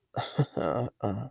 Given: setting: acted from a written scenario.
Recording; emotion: vocal sound without words; embarrassment